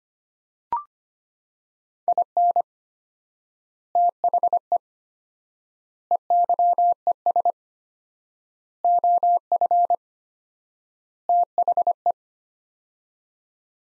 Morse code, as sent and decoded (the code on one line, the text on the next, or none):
.. -. / - .... . / . -.-- . ... / --- ..-. / - .... .
IN THE EYES OF THE